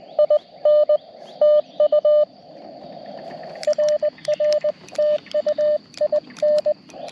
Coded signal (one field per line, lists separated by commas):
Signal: Morse code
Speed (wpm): 20 wpm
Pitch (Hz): 590 Hz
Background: radio noise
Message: IN TU RR TU IN